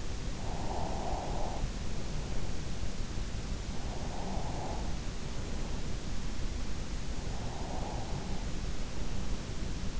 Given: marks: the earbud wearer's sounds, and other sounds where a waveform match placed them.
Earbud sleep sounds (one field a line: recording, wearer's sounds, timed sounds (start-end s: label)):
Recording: sounds in sleep by an in-ear microphone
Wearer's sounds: breath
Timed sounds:
0.00-3.03 s: breath
3.37-6.51 s: breath
7.08-9.83 s: breath